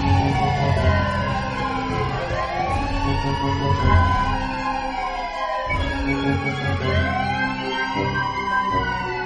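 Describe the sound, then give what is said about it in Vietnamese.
A police car siren wails as it approaches from afar, its pitch sweeping up and down in long, overlapping rising and falling cycles. It stays loud and steady throughout, with no voices. “Từ xa, vọng lại tiếng còi hụ của xe cảnh sát đang đến gần.”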